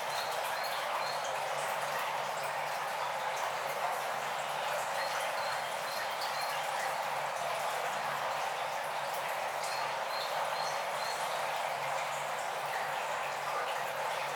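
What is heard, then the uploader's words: Water flows gently and steadily through a cave, a constant hiss-like wash centered in the middle range with a brighter sheen above. Faint repeated drips or chirps show up around four and ten seconds, and a soft low hum sits underneath. Gently Flowing Through The Cave.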